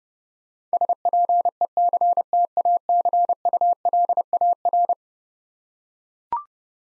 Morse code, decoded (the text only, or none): SPECTACULAR